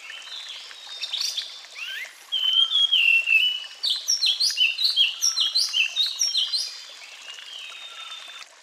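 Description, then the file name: Sulingan bird song: a dense, lively stream of varied whistled and warbled notes, rising and falling rapidly, with quick repeated phrases in the middle and softer notes fading toward the end. With flowing water. "terapi air mengalir burung sulingan"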